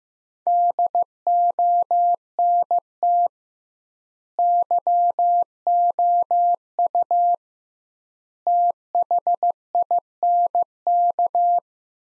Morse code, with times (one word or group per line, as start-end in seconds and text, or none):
0.5-3.3 DONT
4.4-7.3 YOU
8.5-11.6 THINK